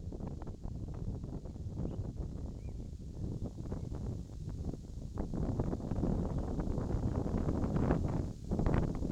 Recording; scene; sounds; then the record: everyday scene through a hearing-aid microphone; wind on the microphone; wind, birds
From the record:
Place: in front of a rural house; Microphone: in the ear canal, left